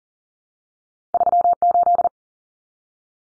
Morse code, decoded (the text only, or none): 38